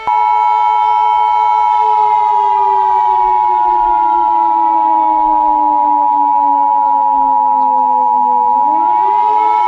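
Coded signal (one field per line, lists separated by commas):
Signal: Emergency Alert System (SAME) tones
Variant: 853 and 960 Hz attention tone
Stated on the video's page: Hypothetical, fictional EAS scenario, not a real alert.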